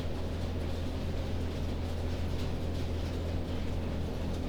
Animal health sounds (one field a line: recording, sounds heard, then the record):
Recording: poultry house recording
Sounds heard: no chicken sound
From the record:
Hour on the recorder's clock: 21